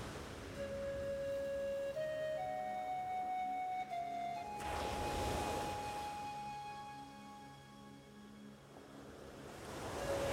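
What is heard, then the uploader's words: A slow pan flute melody plays over the sound of the waves, stepping upward through a few long, held notes, with a soft low drone underneath. A wave surges through around the middle, and another swell builds toward the end. Relaxing Zen Beach. The sound of the waves, pan flute.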